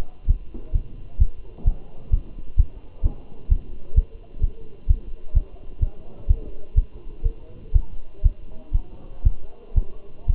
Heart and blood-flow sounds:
heart sounds by stethoscope; between the tricuspid and mitral areas; 126 bpm
0.29 s: heartbeat
0.75 s: heartbeat
1.21 s: heartbeat
1.67 s: heartbeat
2.13 s: heartbeat
2.59 s: heartbeat
3.05 s: heartbeat
3.51 s: heartbeat
3.97 s: heartbeat
4.43 s: heartbeat
4.90 s: heartbeat
5.36 s: heartbeat
5.83 s: heartbeat
6.30 s: heartbeat
6.78 s: heartbeat
7.26 s: heartbeat
7.75 s: heartbeat
8.25 s: heartbeat
8.75 s: heartbeat
9.26 s: heartbeat
9.77 s: heartbeat
10.30 s: heartbeat
From the record:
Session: Bruce protocol treadmill stress test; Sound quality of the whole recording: good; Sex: male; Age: 27 years

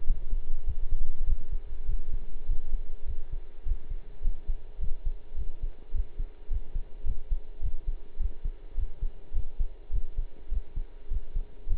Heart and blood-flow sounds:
heart sounds by stethoscope; between the tricuspid and mitral areas; 103 bpm
0.05 s: heartbeat
0.65 s: heartbeat
1.26 s: heartbeat
1.87 s: heartbeat
2.47 s: heartbeat
3.06 s: heartbeat
3.64 s: heartbeat
4.23 s: heartbeat
4.80 s: heartbeat
5.36 s: heartbeat
5.93 s: heartbeat
6.49 s: heartbeat
7.05 s: heartbeat
7.62 s: heartbeat
8.18 s: heartbeat
8.76 s: heartbeat
9.34 s: heartbeat
9.92 s: heartbeat
10.50 s: heartbeat
11.09 s: heartbeat
11.68 s: heartbeat
From the record:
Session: pedaling a stationary bicycle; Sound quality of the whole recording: partially saturated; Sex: male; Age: 23 years

